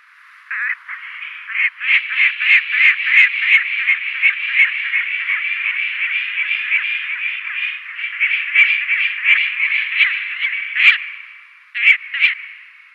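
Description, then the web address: Lanner falcon giving a long harsh chattering series of rapid kek notes, about three per second, running almost unbroken for the whole stretch with a few louder notes near the end. "Schulze Peter Lanner Falcon"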